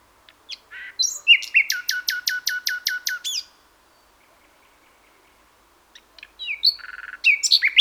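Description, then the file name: Common nightingale song: a run of evenly spaced, loud, sharp chipping notes, roughly four per second, then a pause and a jumbled, chattering phrase. "Luscinia megarhynchos"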